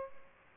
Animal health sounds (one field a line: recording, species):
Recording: mosquito wingbeat signal from an infrared sensor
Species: Aedes aegypti